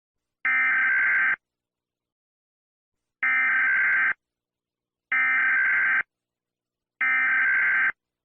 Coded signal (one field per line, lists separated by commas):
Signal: Emergency Alert System (SAME) tones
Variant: header bursts